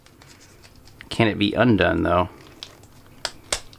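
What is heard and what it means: Someone talks while undoing the locked strap of a STAT TQ tourniquet from the MFASCO Stop The Bleed Kit. Sharp plastic clicks sound at 3.3 s and 3.5 s as the strap releases from its locking buckle.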